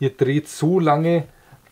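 A Flex L811 125 angle grinder is handled while the black spindle lock button at the back is held down and the disc is turned until the spindle lock pin catches the spindle. Someone talks through most of the clip, and only faint handling noise follows. The clip ends before the lock engages, so nothing has seated or clicked yet.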